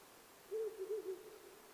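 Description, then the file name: Owl sounding a quick series of four low hoots, close together and even in pitch, over soft background noise. Recorded 9 May 2009 at 19:10. "fukurou-20090509-1910"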